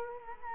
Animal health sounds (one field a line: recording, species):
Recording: mosquito wingbeat signal from an infrared sensor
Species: Culex quinquefasciatus